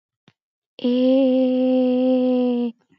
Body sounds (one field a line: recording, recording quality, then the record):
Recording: sustained vowel as in made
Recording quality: excellent, no background noise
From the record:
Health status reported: exposed to COVID-19, no respiratory illness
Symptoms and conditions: none ticked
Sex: female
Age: 23 years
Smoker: not ticked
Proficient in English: yes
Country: India